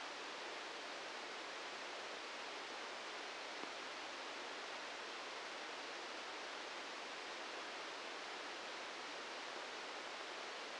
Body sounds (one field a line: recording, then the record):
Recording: brain microelectrode recording played as sound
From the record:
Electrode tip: outside the subthalamic nucleus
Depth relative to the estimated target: -3 mm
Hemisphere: right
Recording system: NeuroSet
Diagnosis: Parkinson's disease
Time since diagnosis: 13 years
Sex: male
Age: 63 years